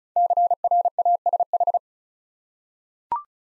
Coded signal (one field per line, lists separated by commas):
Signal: Morse code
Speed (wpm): 34 wpm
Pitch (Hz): 700 Hz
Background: none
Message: CRASH